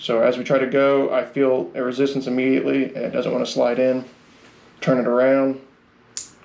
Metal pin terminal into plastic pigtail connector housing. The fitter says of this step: goes in you hear the click that's that catch grabbing so we'll do that again